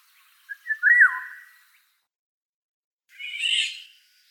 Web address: common oriole oriole